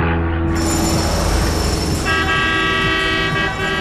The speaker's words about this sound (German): Straßenbauarbeiten morgens um 6:30, LKW-Getöse ohne erkennbaren Anlass und ohne Rücksicht auf die Uhrzeit, Fluglärm mitten in der Nacht und natürlich das Toben der lieben Hausgenossen.